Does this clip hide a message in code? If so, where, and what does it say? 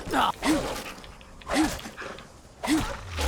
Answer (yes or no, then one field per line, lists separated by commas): no